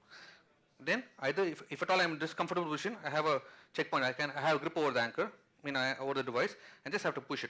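A man talks while holding an all-inside meniscal repair device, gripping it over the suture anchor before pushing its trigger to deploy the first of two anchors. Only speech is heard, and nothing has deployed, seated or clicked yet.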